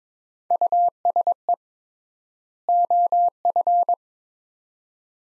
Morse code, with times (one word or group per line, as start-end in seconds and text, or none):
0.5-1.5 USE
2.7-3.9 OF